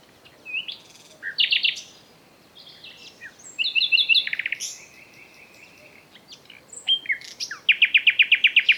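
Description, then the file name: Common nightingale song: varied phrases of whistles, buzzy trills and sharp notes, including a long steady trill and ending with a rapid run of loud repeated notes. "Luscinia megarhynchos"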